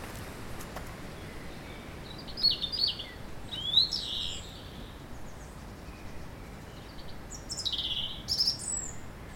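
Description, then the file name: European robin giving high, thin, tinkling phrases in a few short bursts over a constant low hiss. "Erithacus rubecula"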